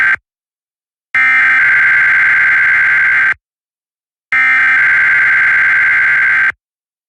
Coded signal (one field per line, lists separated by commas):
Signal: Emergency Alert System (SAME) tones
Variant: header bursts